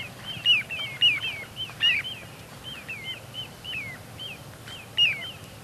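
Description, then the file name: Little ringed plover calls: short, clear downslurred whistles, given singly and in quick pairs, scattered throughout over a faint low background hum. "Corriere Piccolo"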